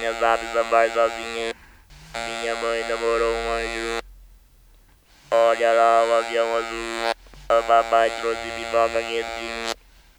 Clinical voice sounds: speech with an electrolarynx; modified device, with random pitch perturbation and pitch set by sex and age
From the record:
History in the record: total laryngectomy

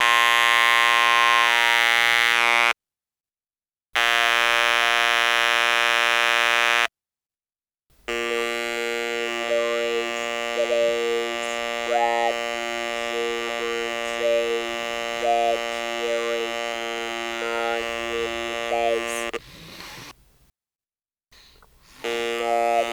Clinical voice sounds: speech with an electrolarynx; conventional device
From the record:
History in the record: total laryngectomy

